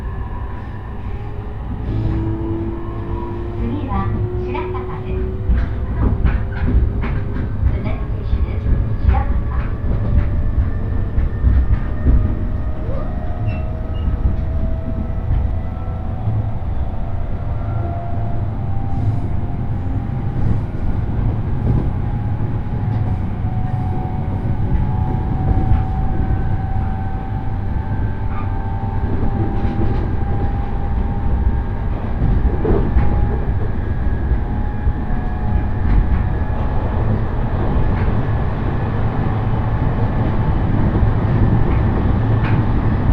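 A train journey on the Tohoku Main Line between Kuroiso and Shin-Shirakawa: a steady, heavy low rumble of wheels runs throughout, with slowly rising and falling motor whine tones above it. Brief clicks and rattles from the rails recur irregularly across the ride.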